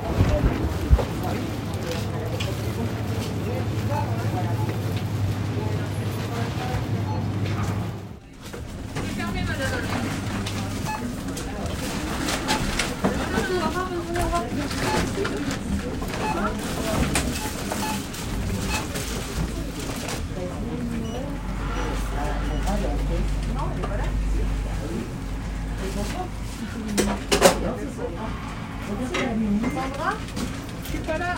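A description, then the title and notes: Bustling hallways fill with a dense, steady wash of overlapping voices and chatter, with a low hum underneath for much of the clip. A brief dip around eight seconds breaks the din, and a couple of sharp clatters stand out near 27 seconds. The sounds of the bustling hallways to the overcrowded coffee room will be recorded.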